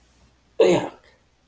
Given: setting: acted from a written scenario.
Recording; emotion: vocal sound without words; disgust